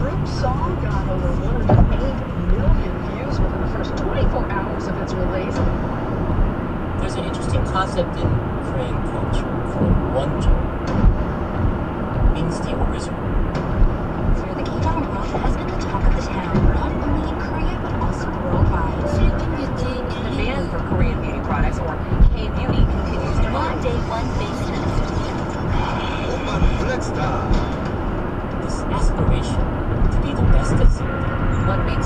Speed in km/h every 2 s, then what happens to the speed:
111, 111, 111, 111, 111, 111, 111, 111, 109, 109, 111, 111, 111, 111, 111, 109.
0-32 steady at about 111.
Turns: none.